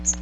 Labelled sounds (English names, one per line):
Magnolia Warbler flight call